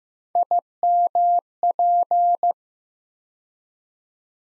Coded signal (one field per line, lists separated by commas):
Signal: Morse code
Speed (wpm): 15 wpm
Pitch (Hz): 700 Hz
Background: none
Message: IMP